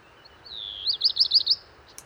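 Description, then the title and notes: Black redstart song: a thin whistled opening followed by a short rapid series of high, looping notes, ending abruptly. Song from a bird perched atop a large lime tree, early morning, 19 March 2019, Val Maravel, Drôme, France; first of the season; scratchy 'crumpled' song; recorded with parabolic dish. "Val Maravel - Drôme. chant du Rouge-queue noir"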